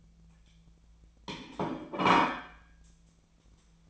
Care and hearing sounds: daily activity, microphone in the room; place plate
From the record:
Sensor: 1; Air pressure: 1009.4 hPa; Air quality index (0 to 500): 196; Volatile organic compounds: 20 ppm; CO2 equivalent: 2686 ppm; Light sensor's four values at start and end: 27/70/29/35 and 28/71/29/35

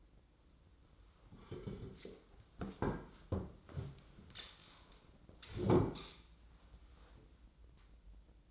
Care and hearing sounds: daily activity, microphone in the room; sit down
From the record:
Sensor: 3

